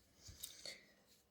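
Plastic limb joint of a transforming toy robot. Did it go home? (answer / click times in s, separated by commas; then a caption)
yes / 0.4 s, 0.7 s. A plastic limb joint on a transforming toy robot figure is straightened and pulled out until it clicks into position. Two short, sharp clicks are heard at 0.4 and 0.7 seconds over a faint low rumble, and the joint is seated.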